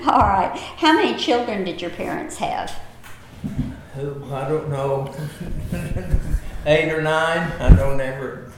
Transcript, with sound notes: Alright, how many children did your parents have?
Oh, I don't know. (Chuckling) Eight or nine? I don't ever--